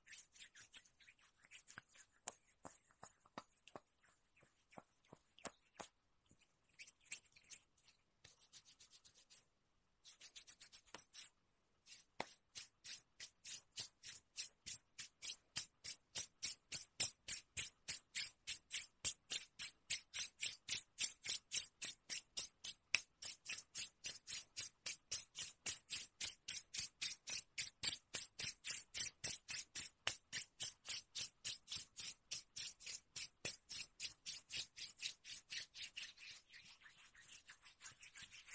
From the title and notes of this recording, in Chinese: 助眠摩擦肌肤的声音。